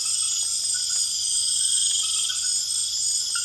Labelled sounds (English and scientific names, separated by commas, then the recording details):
none
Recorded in secondary vegetation near Puerto Asís, Putumayo, Colombia, on 24 June 2025
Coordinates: 0.488, -76.319
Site G094